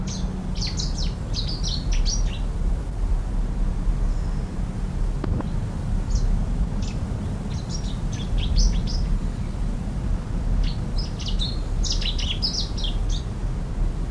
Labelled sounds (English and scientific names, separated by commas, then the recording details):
Cetti's Warbler (Cettia cetti) song
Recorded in the wild
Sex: male
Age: adult
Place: Berneburg (Sontra), Hessen, DE
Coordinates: 51.06, 9.88
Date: 1975-08-09
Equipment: Halbspur, 9,5 cm/s
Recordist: Lütgens, Hans
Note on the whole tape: Gesang